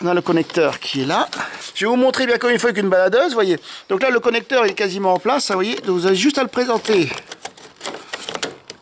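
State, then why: Seated. Someone talks while a wiring harness plug is lined up on the back of the headlight unit of a Ford Fiesta, lit with an inspection lamp, to reconnect the front light after changing bulbs. Small, sharp plastic snaps follow, and the connector clicks fully home at 8.4 s, seated in position.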